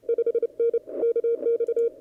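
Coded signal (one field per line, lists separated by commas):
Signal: Morse code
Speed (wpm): 30 wpm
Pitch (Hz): 460 Hz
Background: none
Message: 5N KX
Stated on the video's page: CW operation from a DX station, listening up (split).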